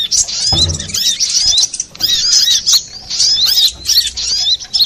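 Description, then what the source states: Little spiderhunter: rapid high-pitched chattering with slurred squeaky notes in close bursts, a dull low bump at the start. Master recording for training cage birds; Indonesian name sogok ontong, labelled Labaik.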